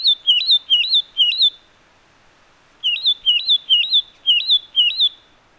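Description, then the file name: Satin flycatcher whistling loud wavy notes in two quick runs with a pause between, over a quiet background. "Myiagra Cyanoleuca"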